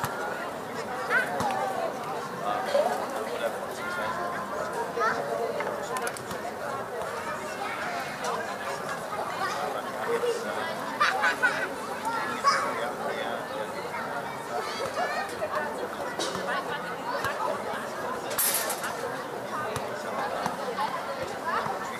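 A summer evening in Berlin: steady, dense chatter of many voices throughout, with occasional clinks and a brief sharp rustle near eighteen seconds.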